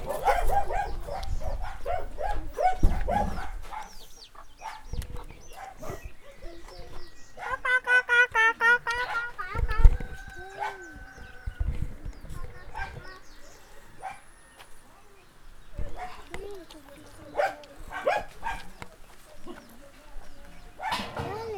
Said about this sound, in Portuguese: Olha que os cachorros latirem.